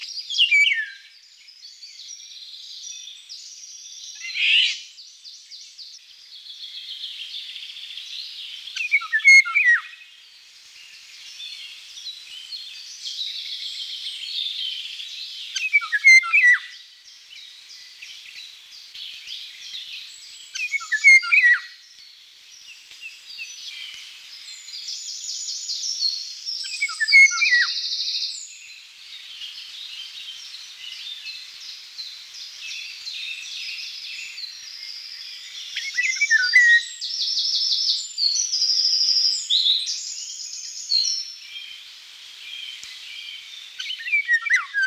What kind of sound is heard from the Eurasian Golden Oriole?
song